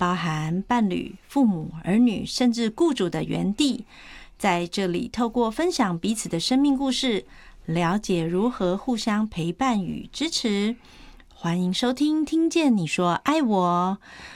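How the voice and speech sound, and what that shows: A woman speaks fluent, clear Mandarin at an even pace with natural pauses, typical adult speech.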